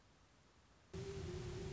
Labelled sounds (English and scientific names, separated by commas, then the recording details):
Great Horned Owl (Bubo virginianus)
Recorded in Sonoma County, California